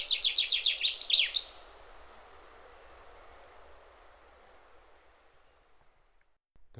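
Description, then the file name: Common chaffinch song: one fast, descending trill of sharp notes closing with a short flourish, followed by several seconds of near quiet with faint high, thin whistles. "Fringilla coelebs"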